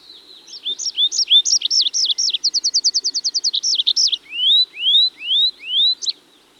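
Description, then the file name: Tree pipit song: fast sweeping chirps, then a rapid even trill, more slurred notes, and a closing run of long rising whistled notes. "Tree Pipit (Anthus trivialis)"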